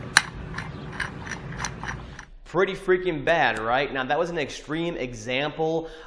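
A steel pump shaft is turned inside the hub of a torque converter from a Ford Taurus, Windstar or Freestar transmission (AX4S, AX4N or 4F50N). Because the internal splines are stripped, the shaft slips and ratchets instead of gripping, with sharp clicks at 0.2, 0.6, 1.0, 1.3, 1.3 and 1.7 seconds. After that, someone talks.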